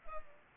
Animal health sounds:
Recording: mosquito wingbeat signal from an infrared sensor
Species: Culex pipiens

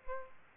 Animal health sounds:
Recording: mosquito wingbeat signal from an infrared sensor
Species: Aedes aegypti

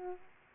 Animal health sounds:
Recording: mosquito wingbeat signal from an infrared sensor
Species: Aedes aegypti

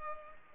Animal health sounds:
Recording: mosquito wingbeat signal from an infrared sensor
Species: Culex pipiens

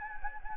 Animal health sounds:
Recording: mosquito wingbeat signal from an infrared sensor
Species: Anopheles gambiae

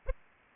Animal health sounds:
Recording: mosquito wingbeat signal from an infrared sensor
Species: Aedes aegypti

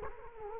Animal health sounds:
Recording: mosquito wingbeat signal from an infrared sensor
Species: Culex quinquefasciatus

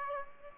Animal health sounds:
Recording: mosquito wingbeat signal from an infrared sensor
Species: Aedes aegypti

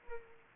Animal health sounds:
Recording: mosquito wingbeat signal from an infrared sensor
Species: Culex pipiens

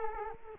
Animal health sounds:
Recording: mosquito wingbeat signal from an infrared sensor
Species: Culex quinquefasciatus

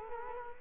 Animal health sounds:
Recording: mosquito wingbeat signal from an infrared sensor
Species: Culex quinquefasciatus

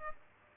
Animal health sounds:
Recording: mosquito wingbeat signal from an infrared sensor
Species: Aedes albopictus

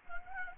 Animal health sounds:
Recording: mosquito wingbeat signal from an infrared sensor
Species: Anopheles gambiae

